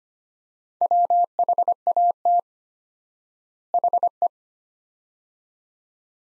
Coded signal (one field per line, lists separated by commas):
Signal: Morse code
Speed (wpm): 25 wpm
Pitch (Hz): 700 Hz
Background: none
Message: WHAT HE